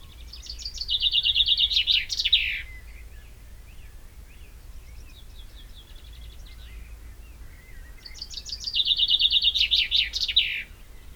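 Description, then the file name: Common chaffinch sings two loud phrases, each a rapid trill ending in a flourish, with quieter song between. "Fringilla coelebs"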